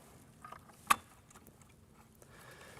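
After its bottom end is hooked in, a plastic speed (seed) tube is pushed down into its mount on the row unit of an Early Riser 2000 Series planter with Advanced Seed Delivery. A few faint taps around 0.5 s lead to one sharp, bright snap at 0.9 s as the tube seats, followed by a low background hum.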